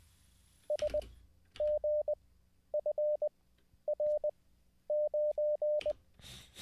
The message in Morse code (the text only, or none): SGFR9